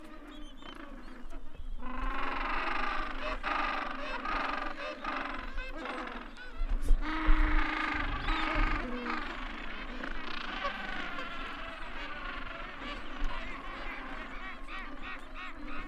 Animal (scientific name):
Pygoscelis papua